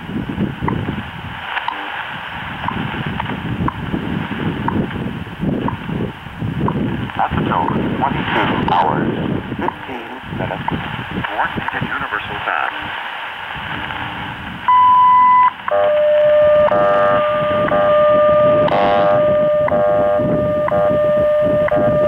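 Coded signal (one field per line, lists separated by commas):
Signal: radio time signal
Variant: WWV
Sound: fading static and faint voice, then a long 1 kHz beep, then a steady lower tone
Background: radio static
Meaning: The long 1000 Hz tone marks the start of a new minute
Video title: DXpedition North Country - WWV 10000 kHz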